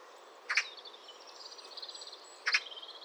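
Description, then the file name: Eurasian magpie uttering two brief rasping chak notes two seconds apart, while a thin high twittering from another bird runs in the background. "Pica pica"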